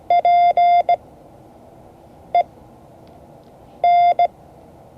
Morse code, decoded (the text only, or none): P E N